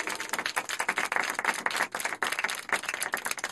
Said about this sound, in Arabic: إنه الشارع. أحسنت، صفقوا له.